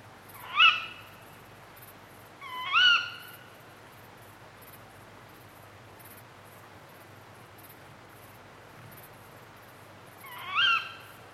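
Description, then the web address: Tawny owl calling three times, short shrill notes, two close together then a long pause, with soft high cricket chirps and low steady hum behind. Hunting calls, accompanied by a chorus of dark bush-crickets. "Sound Effects-BBC Birds Owls"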